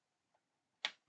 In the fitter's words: Perfect. So, that's now locked into place.